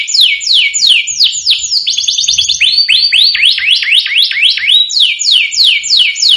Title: Canto Para Esquentar Canário Belga. Suara Kenari Bikin Emosi & Langsung Nyaut